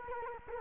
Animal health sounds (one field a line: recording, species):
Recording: mosquito wingbeat signal from an infrared sensor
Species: Culex quinquefasciatus